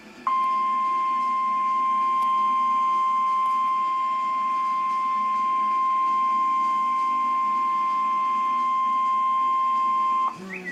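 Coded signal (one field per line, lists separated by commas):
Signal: Emergency Alert System (SAME) tones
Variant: 1050 Hz attention tone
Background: speech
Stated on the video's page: Severe thunderstorm EAS alert received on NOAA Weather Radio.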